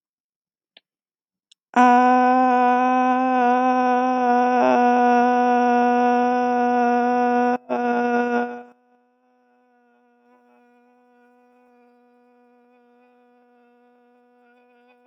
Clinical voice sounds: vowel held as long as possible; female; 20 to 29 years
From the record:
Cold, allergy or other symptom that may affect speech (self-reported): no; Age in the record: 28 years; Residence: Oklahoma, United States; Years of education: 14

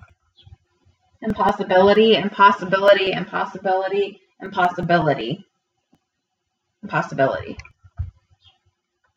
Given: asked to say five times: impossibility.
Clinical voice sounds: repeated word; female; 30 to 39 years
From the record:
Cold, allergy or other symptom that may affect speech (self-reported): no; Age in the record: 32 years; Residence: Ohio, United States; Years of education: 20

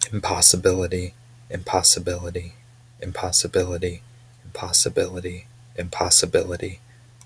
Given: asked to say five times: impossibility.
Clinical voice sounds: repeated word; male; 30 to 39 years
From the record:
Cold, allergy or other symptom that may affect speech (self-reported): no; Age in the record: 33 years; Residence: Virginia, United States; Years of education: 16

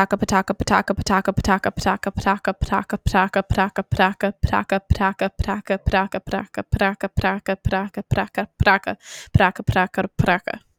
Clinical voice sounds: repeated syllables /pa ta ka/; female; 20 to 29 years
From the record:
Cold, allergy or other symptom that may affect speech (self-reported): no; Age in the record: 27 years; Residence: Florida, United States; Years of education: 19

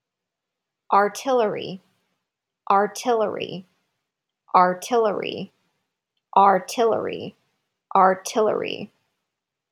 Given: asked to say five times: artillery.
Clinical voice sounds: repeated word; female; 40 to 49 years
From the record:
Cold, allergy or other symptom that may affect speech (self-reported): no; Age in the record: 45 years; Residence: California, United States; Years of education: 13

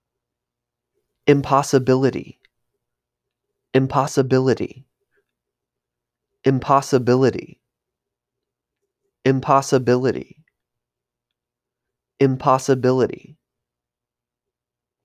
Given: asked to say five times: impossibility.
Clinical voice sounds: repeated word; male; 30 to 39 years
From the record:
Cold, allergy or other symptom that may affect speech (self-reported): no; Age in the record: 35 years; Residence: Ohio, United States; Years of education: 13

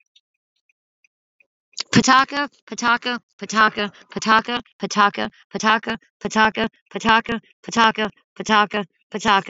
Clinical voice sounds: repeated syllables /pa ta ka/; female; 40 to 49 years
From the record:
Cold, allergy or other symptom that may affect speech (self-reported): no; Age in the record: 40 years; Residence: Alabama, United States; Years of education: 14

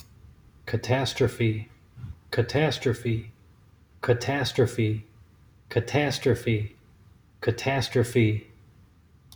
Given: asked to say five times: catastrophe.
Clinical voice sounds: repeated word; male; 40 to 49 years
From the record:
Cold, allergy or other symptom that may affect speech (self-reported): no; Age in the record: 43 years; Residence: Nevada, United States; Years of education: 12

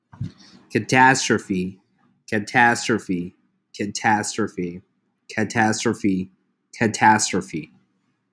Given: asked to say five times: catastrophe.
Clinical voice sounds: repeated word; male; 30 to 39 years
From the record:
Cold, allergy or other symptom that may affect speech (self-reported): no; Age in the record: 36 years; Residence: New York, United States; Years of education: 18

